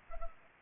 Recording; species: mosquito wingbeat signal from an infrared sensor; Culex pipiens